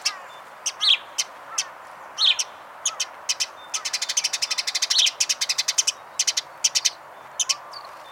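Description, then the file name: House sparrow calling: scattered sharp chirps build into long, rapid rattling chatter, then break back into separate chirps. "Passer domesticus"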